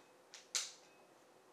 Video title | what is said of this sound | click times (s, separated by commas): Magnesium Sulfate for Asthma Sapphire Pump | you will hear an audible click when the cassette is properly attached to the pump | 0.6 s